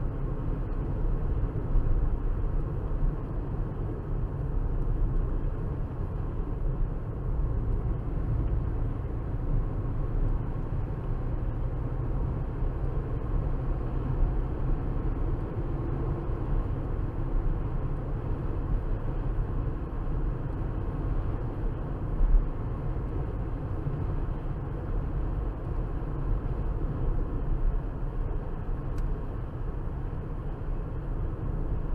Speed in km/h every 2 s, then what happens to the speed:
76, 74, 71, 68, 68, 72, 76, 81, 84, 82, 81, 79, 81, 79, 77, 76.
0-6 slows to 68. 6-15 speeds up to 84. 15-25 steady at about 81.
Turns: none.